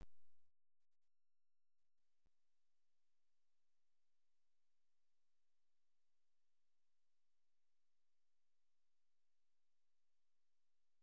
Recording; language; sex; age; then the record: short text; Brazilian Portuguese; female; 50 to 59 years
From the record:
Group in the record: control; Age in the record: 52 years